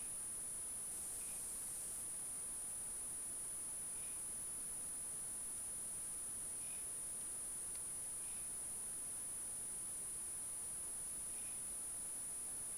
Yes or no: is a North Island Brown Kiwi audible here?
no